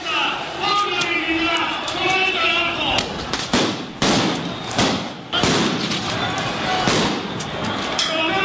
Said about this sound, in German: Die Leute werfen Knallfrösche, aber die Polizei schießt auch Blendgranaten und, wie gesagt, ihre fürchterlichen Gummigeschosse.